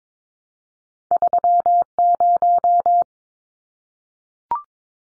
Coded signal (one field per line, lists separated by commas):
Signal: Morse code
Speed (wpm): 22 wpm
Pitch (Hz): 700 Hz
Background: none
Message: 30